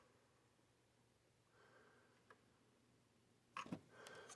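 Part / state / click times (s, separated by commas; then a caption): DDR5 memory module into motherboard DIMM slot / not seated / none. A DDR5 memory stick is pressed into a motherboard DIMM slot, with a soft sniff-like breath and faint rustling before a sharp tap near 2.3 s. Louder knocks and scraping follow around 3.6 s and 4.1 s. The retention latch does not click, and nothing has seated yet.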